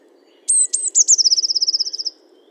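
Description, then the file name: Eurasian blue tit song: a few thin, very high notes followed by a fast, evenly repeated trill that falls slightly in pitch, with a low steady hum beneath. "Cyanistes caeruleus 311018"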